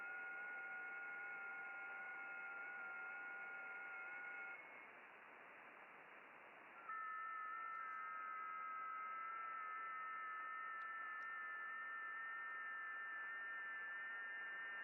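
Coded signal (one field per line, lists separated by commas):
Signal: FT8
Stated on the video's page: Amateur radio FT8 operation, broadcast live.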